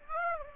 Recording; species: mosquito wingbeat signal from an infrared sensor; Aedes aegypti